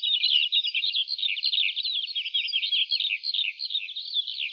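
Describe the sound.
Lark song: a steady, rapid flow of high, jingling, rolling notes and trills that continues throughout.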